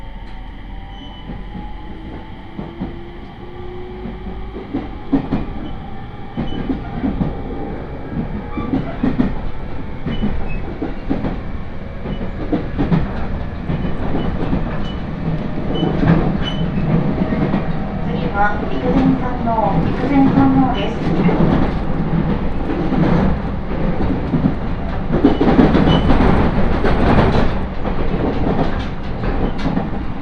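Riding a four-car 701 series train on the Tohoku Main Line out of Sendai, with a steady low rumble of wheels and motor throughout. Frequent rattles and knocks run through the ride, growing louder and busier after about fifteen seconds, peaking near twenty-six seconds.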